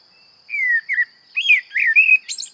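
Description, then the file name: Common blackbird song: smooth, descending fluty whistles, then wavering warbled notes and a brief high squeak at the end, over a soft steady high tone. "Turdus merula"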